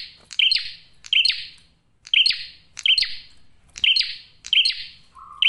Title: PRENJAK JANTAN GACOR SUARA JERNIH, RAPET. " COCOK UNTUK PIKAT MAUPUN PANCINGAN BETINA ".